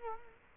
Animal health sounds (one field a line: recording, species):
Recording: mosquito wingbeat signal from an infrared sensor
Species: Culex quinquefasciatus